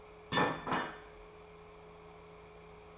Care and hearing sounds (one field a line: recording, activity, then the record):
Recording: daily activity, microphone in the room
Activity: place plate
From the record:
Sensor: 1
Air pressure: 1015.0 hPa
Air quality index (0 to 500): 201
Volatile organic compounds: 25 ppm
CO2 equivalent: 2846 ppm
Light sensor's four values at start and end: 29/71/30/36 and 29/71/30/36